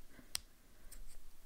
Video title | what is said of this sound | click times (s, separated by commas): *SPOILER ALERT* INK FLIGHT #76 MAY 2023 | but when it clicks into place when it's like | 0.3 s